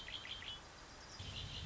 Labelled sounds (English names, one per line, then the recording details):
Red-winged Blackbird
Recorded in Sonoma County, California